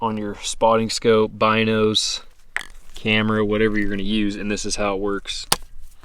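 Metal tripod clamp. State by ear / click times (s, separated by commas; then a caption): not seated / none. Someone talks while handling a tripod quick-release plate, the kind mounted on a spotting scope, binoculars or camera, and bringing it toward the clamp on the tripod head. Nothing has seated or clicked into the clamp yet.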